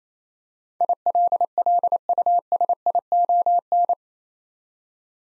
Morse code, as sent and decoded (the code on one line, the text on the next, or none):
.. .-.. .-.. ..- ... .. --- -.
ILLUSION